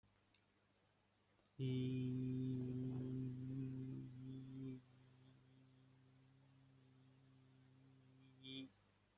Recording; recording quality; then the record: sustained vowel as in beet; excellent, no background noise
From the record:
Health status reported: exposed to COVID-19, no respiratory illness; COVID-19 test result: not tested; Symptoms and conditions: none ticked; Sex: male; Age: 22 years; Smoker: not ticked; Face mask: not worn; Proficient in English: yes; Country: India